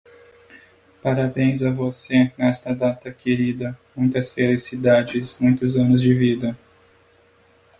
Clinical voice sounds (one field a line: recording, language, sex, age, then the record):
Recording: short text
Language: Brazilian Portuguese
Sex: male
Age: 20 to 29 years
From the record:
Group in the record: control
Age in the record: 24 years